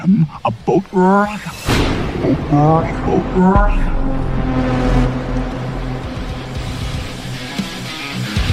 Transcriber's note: explosion sounds; rock music plays